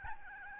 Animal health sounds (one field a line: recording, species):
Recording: mosquito wingbeat signal from an infrared sensor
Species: Aedes albopictus